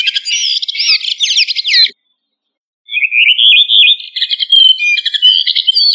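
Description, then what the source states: Thrush song in two bursts of fast twisting whistles and warbles separated by a short silence, the second phrase rising and lasting longer. Turdidae family; local name sabiá.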